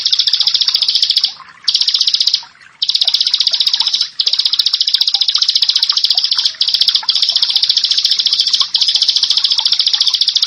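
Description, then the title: Bar-winged prinia song: fast, buzzy, high-pitched note series in long bursts broken by brief pauses. "Ciblek Sawah 1"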